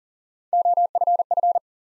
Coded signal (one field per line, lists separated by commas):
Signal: Morse code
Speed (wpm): 40 wpm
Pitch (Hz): 700 Hz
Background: none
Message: OFF